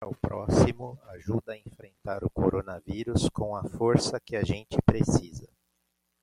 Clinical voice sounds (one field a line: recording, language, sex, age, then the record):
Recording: spoken sentence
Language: Brazilian Portuguese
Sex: male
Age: 40 to 49 years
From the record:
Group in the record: control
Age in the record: 47 years